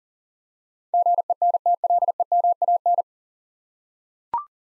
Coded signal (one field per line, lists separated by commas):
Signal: Morse code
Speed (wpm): 40 wpm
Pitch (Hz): 700 Hz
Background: none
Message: GENTLEMAN